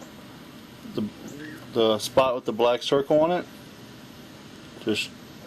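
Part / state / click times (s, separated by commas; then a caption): stripped wire end into push-in disconnect plug / not seated / none. A black stripped wire end is being handled at a push-in ballast disconnect plug, headed for the spot marked with a black circle, where it is to lock in place. Someone talks over a steady low background hum, with a few faint handling sounds near 1.0 and 4.9 seconds. Nothing has seated or clicked yet.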